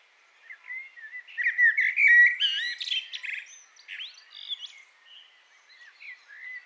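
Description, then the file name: Common blackbird with one long phrase of mellow whistles rising into busy, squeaky high notes, then fading soft twitters. "Turdus merula"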